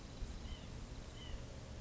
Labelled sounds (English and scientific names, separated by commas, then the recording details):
White-breasted Nuthatch (Sitta carolinensis)
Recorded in Sonoma County, California